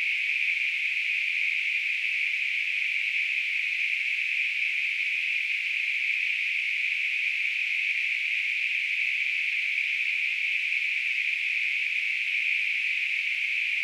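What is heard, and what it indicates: A steady, unbroken high-pitched hiss, like a narrow band of rushing noise, holds at the same pitch and loudness for about 14 seconds. It is a simulation of tinnitus, the constant ringing or hissing a person perceives without any outside sound.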